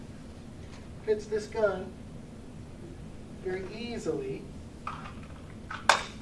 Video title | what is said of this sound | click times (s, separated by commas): Personal and Firearm Safety Seminar, presented by MLT Police | snaps right into place that's not going anywhere | 5.9 s